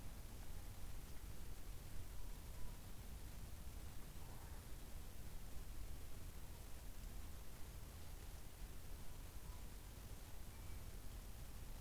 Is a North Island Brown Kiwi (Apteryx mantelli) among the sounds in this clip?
no